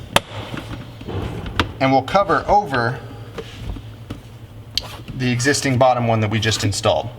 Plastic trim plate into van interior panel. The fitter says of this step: it's in the correct location it should just snap right into place